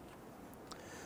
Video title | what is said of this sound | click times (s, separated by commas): How to Replace Interior Door Handles 2005-2021 Nissan Frontier | and you can hear it and feel it snap into place | 0.7 s